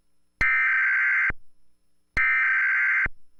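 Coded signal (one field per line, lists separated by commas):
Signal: Emergency Alert System (SAME) tones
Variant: header bursts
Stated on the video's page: Mock EAS alert, a simulated recreation depicting hackers in the system.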